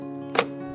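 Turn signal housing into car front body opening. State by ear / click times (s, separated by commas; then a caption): not seated / none. A new replacement plastic turn signal (blinker) housing for a W124 is pushed into the car's front body opening, giving a single short dull thunk at about 0.4 s over a steady tonal musical background. The housing has not clicked or seated; it later fell out while driving.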